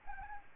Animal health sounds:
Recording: mosquito wingbeat signal from an infrared sensor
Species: Anopheles arabiensis

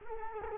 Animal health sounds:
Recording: mosquito wingbeat signal from an infrared sensor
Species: Culex quinquefasciatus

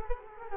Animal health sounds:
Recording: mosquito wingbeat signal from an infrared sensor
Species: Culex quinquefasciatus

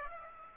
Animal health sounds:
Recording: mosquito wingbeat signal from an infrared sensor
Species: Aedes aegypti

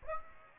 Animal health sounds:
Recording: mosquito wingbeat signal from an infrared sensor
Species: Aedes aegypti

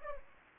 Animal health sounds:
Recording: mosquito wingbeat signal from an infrared sensor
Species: Anopheles arabiensis

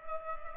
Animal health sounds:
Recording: mosquito wingbeat signal from an infrared sensor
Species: Culex pipiens

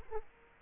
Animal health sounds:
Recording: mosquito wingbeat signal from an infrared sensor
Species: Culex quinquefasciatus

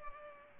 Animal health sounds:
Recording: mosquito wingbeat signal from an infrared sensor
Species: Culex pipiens

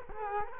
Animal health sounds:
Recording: mosquito wingbeat signal from an infrared sensor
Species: Culex quinquefasciatus

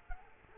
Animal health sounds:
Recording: mosquito wingbeat signal from an infrared sensor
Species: Culex quinquefasciatus

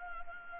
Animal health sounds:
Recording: mosquito wingbeat signal from an infrared sensor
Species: Anopheles gambiae

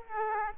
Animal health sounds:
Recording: mosquito wingbeat signal from an infrared sensor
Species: Aedes aegypti

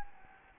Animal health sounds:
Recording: mosquito wingbeat signal from an infrared sensor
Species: Anopheles gambiae

